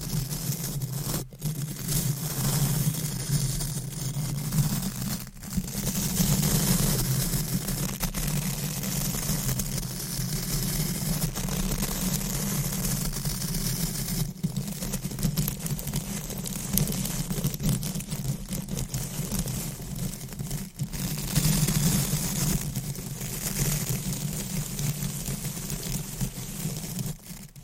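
Deep scratching, brushing and stroking against a microphone makes a continuous low rumbling rub with a dense, hissy scrape on top. The texture stays fairly even throughout, broken by a few brief dips near 1, 5, 14 and 21 seconds.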